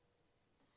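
A part on a rifle scope, most likely a lens cap or cover, is handled and pressed toward the scope over a quiet, low rustling background. A sudden bright burst rises right at the end, around 0.8 s, as the clip cuts off. Nothing has seated or clicked into place yet.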